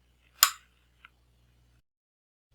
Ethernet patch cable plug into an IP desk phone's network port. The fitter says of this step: plug the patch cable into the back of the phone labeled internet and you should hear a click